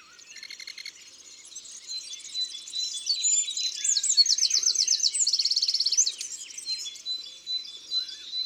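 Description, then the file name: Eurasian wren song: short stuttering notes build into loud, metallic rattling trills, then taper off into scattered high chips. Recorded in Isère, France. "Troglodyte-mignon-Concerts-naturels-de-l Isere-Studio-Les-Trois-Becs"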